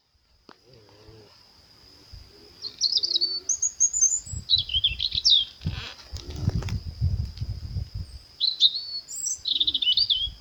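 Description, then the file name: European robin delivering varied high, sweet trilling phrases over a steady high whine and low rumbling background noise. "Erithacus rubecula"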